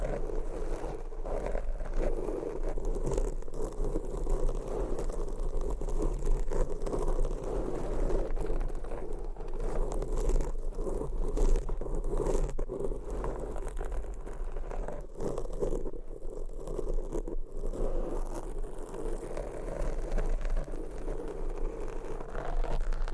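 Nails scratch and rub against mic covers in a steady, dense stream of rough scraping that runs the whole time without pause. The sound sits mostly in the low-middle range, with frequent crisp ticks and short scratchy bursts flicking higher, plus a constant low hum beneath.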